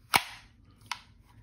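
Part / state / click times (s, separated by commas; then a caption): compact pistol into polymer IWB holster / not seated / none. A compact pistol is pushed hard into a polymer Bravo IWB holster. Two sharp taps are heard at about 0.2 s and 0.9 s, the first louder, as the gun taps the end of the holster. Nothing has seated or clicked yet; there is no retention click.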